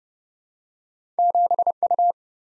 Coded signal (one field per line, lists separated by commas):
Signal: Morse code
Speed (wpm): 30 wpm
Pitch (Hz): 700 Hz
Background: none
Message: 7U